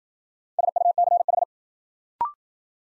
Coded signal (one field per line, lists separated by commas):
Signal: Morse code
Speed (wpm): 53 wpm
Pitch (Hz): 700 Hz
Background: none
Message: SUCH